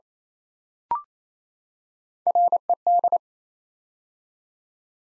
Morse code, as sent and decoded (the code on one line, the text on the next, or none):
.-. . -..
RED